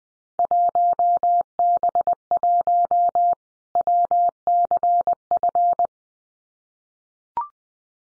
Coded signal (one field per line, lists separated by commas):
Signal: Morse code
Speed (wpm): 20 wpm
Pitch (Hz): 700 Hz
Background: none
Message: 1B1 WCF